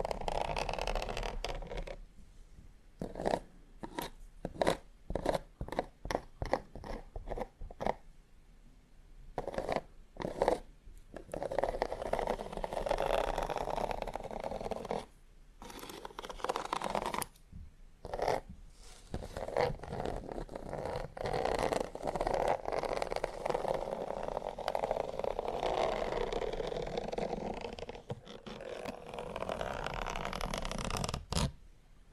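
Fingers and nails scratch across textured leather, starting with quick, separate scrapes in the first ten seconds. The strokes then blur into longer, steadier rubbing with a dry, mid-toned rasp, broken by brief pauses around fifteen and eighteen seconds.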